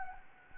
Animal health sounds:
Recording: mosquito wingbeat signal from an infrared sensor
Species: Anopheles gambiae

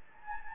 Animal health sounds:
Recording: mosquito wingbeat signal from an infrared sensor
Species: Anopheles gambiae

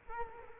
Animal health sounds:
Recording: mosquito wingbeat signal from an infrared sensor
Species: Culex quinquefasciatus

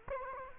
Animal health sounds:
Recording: mosquito wingbeat signal from an infrared sensor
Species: Culex quinquefasciatus

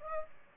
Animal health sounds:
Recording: mosquito wingbeat signal from an infrared sensor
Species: Aedes aegypti

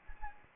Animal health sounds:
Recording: mosquito wingbeat signal from an infrared sensor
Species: Anopheles gambiae

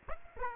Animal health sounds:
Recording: mosquito wingbeat signal from an infrared sensor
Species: Aedes aegypti

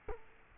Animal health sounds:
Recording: mosquito wingbeat signal from an infrared sensor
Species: Culex quinquefasciatus

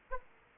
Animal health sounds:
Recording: mosquito wingbeat signal from an infrared sensor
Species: Aedes aegypti

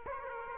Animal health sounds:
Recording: mosquito wingbeat signal from an infrared sensor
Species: Aedes aegypti

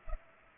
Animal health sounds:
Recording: mosquito wingbeat signal from an infrared sensor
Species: Culex pipiens

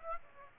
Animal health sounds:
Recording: mosquito wingbeat signal from an infrared sensor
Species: Aedes aegypti

